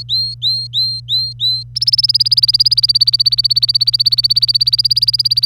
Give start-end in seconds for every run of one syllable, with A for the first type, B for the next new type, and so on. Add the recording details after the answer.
0.00-1.63 A, 1.76-5.46 B. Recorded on 25 April 2018 at 09:09. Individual llb3